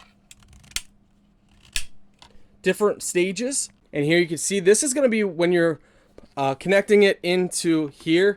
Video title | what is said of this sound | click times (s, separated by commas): Greenote Cordless Vacuum Cleaner, 23000PA Stick Vacuum 4 in 1, 200W with Dual Digital Motor LED | there's different levels as you can hear it click | 0.8 s, 1.8 s